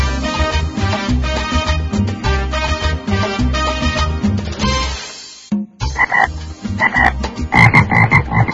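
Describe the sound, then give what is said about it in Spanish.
A man sings in deep, rhythmic croaks imitating a toad over loud backing music, with a brief pause around the middle before the croaking resumes. “Ay, no me digas, ¿podés cantar como un sapo, por ejemplo?”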